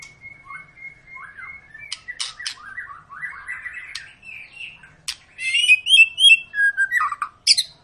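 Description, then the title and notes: White-rumped shama: steady thin whistle, soft warbling phrases and clicks, then a loud burst of varied whistled and buzzy notes. Long lure song of an actively singing shama, used to prompt other birds to sing. "Pancingan Murai Batu Gacor Panjang. muraiku"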